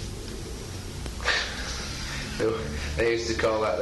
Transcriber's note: laughs